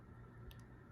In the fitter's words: and then it snaps right into place.